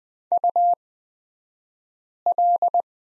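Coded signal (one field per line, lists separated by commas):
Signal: Morse code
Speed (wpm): 20 wpm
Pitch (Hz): 700 Hz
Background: none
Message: UL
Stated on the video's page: Morse code course lesson on prosign BT, Farnsworth speed 20/10 wpm.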